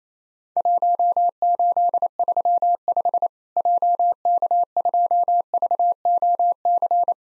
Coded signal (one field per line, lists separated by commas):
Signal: Morse code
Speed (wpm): 28 wpm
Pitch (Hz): 700 Hz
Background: none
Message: 1835 JK2VOC